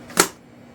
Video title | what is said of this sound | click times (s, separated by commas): ARROWS RC SZD-54 UNBOXING AND ASSEMBLY by Fat Guy Flies RC | oh, you just push that down, nice latch, | 0.2 s